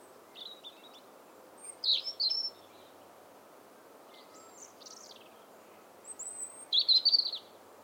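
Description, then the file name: European robin giving a few sparse, high, thin phrases with long pauses between them, over a steady background hiss. "Erithacus rubecula"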